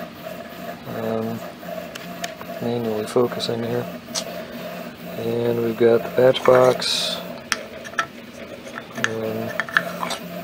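Someone talks while handling the hinged metal patch box lid set into the wooden buttstock of a Kibler Colonial Long Rifle muzzleloading kit, with a few brief, sharp handling taps between the words. The lid has not yet clicked shut; nothing has seated yet.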